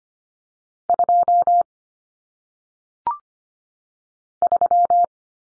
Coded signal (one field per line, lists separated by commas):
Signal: Morse code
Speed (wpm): 25 wpm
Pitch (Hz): 700 Hz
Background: none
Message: 2 3